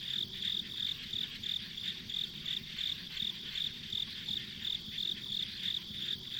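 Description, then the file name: Cricket-like insects keep up rapid regular chirps, nearly three per second, above a continuous shrill hum and soft low background noise. Ambient insect sounds recorded on a country road. "田舎道の虫の環境音"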